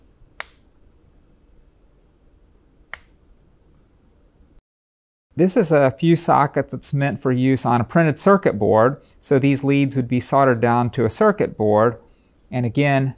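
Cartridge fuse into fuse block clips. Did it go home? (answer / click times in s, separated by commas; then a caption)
yes / 0.4 s, 2.9 s. A glass cartridge fuse is pressed into the spring clips of a panel-mount fuse block, giving sharp snap sounds at 0.4 s and 2.9 s as it seats in place. After a short silence, someone talks for the rest of the clip.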